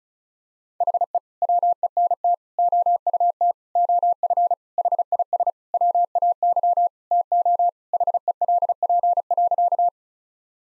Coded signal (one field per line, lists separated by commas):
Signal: Morse code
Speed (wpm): 36 wpm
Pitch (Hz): 700 Hz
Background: none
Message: HE WENT OUT OF HIS WAY TO HELP.